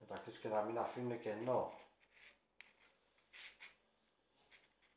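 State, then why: Seated. Someone talks, then a deck section of a 1/200 Hachette Bismarck battleship model kit is pressed hard onto the aft superstructure, giving a sharp click at 2.6 s followed by faint rubbing handling sounds. The piece seats flush in place with no gap.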